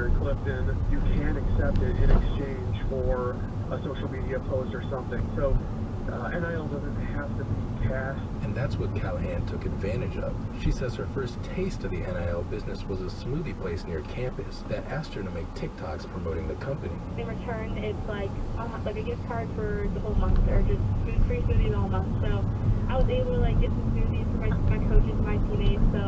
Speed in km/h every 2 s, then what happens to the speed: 15, 24, 26, 27, 26, 21, 15, 6, 10, 16, 23, 29, 31.
0-7 speeds up to 27. 7-15 slows to 6. 15-26 speeds up to 31.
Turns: 13-19.